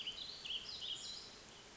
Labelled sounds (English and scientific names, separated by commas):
Warbling Vireo (Vireo gilvus)